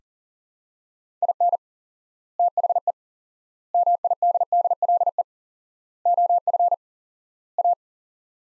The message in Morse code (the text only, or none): IN THE MIDDLE OF A